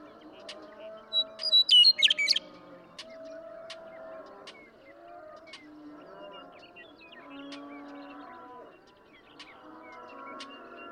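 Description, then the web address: Western meadowlark song: one loud burst of fluty, gurgling notes, about a second long. Low droning tones and scattered sharp clicks continue beneath it. "birdsongforthecurious songs Western Meadowlark"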